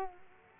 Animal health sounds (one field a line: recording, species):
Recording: mosquito wingbeat signal from an infrared sensor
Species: Culex quinquefasciatus